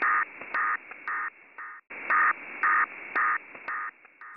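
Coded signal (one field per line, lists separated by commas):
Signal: HF data modem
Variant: DPRK ARQ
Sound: rhythmic short warbling data bursts, roughly two per second, over steady radio hiss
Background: radio static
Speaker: North Korean diplomatic Communications utilize a proprietary arq modem unofficially known as dprk arq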